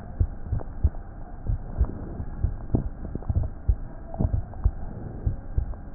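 Low, dull heart thumps at about 60 a minute, with uneven spacing: some beats come early and close together, followed by longer pauses, over a steady background hum. This irregular pattern is extrasystoles, extra beats that interrupt the normal rhythm.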